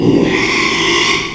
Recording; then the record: squeal of a Yucatan mini pig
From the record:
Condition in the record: after surgery on the right vocal fold (resection and tissue-engineered implant); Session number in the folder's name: 1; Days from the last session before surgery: 6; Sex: male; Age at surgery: 12 weeks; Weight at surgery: 13 kg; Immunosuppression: cyclosporine, prednisolone